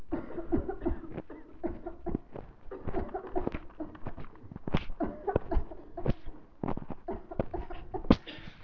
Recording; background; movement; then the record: voluntary coughing; a bystander coughing; walking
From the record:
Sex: female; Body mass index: 18.8 kg/m2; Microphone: on the chest, facing the body